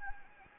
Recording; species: mosquito wingbeat signal from an infrared sensor; Anopheles gambiae